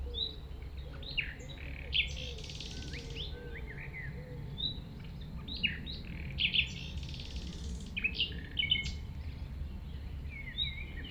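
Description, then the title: Common nightingale song in varied phrases: buzzy rattling bursts, sharp whistles and quick chirps, with a constant low rumble underneath. At 195 Rue de Vars, Chindrieux, France; recordist approached the singing nightingale on foot through tall grass; while singing it is deaf to outside noise. "195 Rue de Vars, 73310 Chindrieux, France - approche d'un rossignol"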